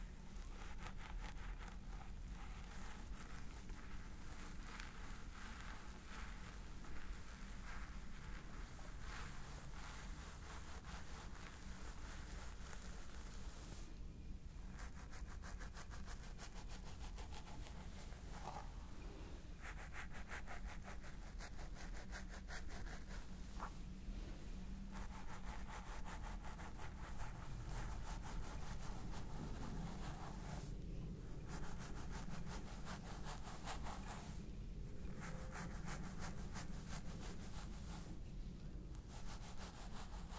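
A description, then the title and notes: A scalp massage with a dense, steady scratchy rubbing of fingers through hair that runs for the whole forty seconds, with a low rumbling underneath. Brief pauses in the bright scratching come around 14, 19, 24, 31 and 35 seconds. ASMR Stress Relieving Scalp Massage ASMR.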